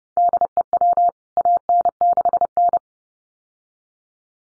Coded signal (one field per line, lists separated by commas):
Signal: Morse code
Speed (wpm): 30 wpm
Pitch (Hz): 700 Hz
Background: none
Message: DEW AN6N